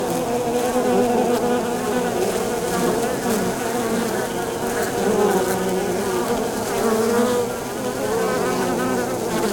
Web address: Sound Holder - Beehive bees hive exterior landing zone very close stereo